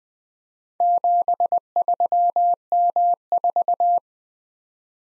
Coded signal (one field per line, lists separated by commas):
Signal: Morse code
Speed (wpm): 20 wpm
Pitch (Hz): 700 Hz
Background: none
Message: 73M4